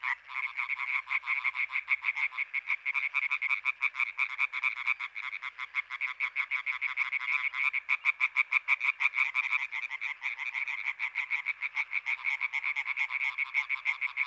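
A chorus of tree frogs calls without pause, many voices overlapping in fast, rattling pulses that form a dense, continuous pulsing texture. The calls are high, nasal and loud, with the rhythm swelling slightly around the middle and no other sounds beneath.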